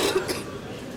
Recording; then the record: coughing mixed with background sound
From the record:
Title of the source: 61 morning phlegmy cough...again